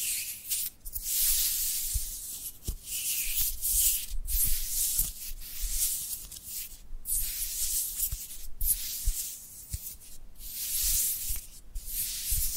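Dry hands rub together in a steady back-and-forth, a bright hissing scrape that swells and fades in repeated strokes about once a second. Brief gaps of near silence separate some strokes, and faint low thumps mark occasional contact.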